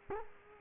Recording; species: mosquito wingbeat signal from an infrared sensor; Culex quinquefasciatus